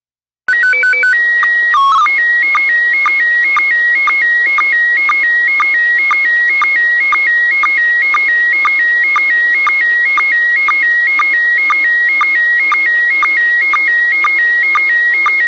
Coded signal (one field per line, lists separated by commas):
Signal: SSTV (slow-scan television)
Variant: PD 120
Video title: LCDRA Live Stream - 145.390 Lansing and 146.700 - Slow Scan TV Net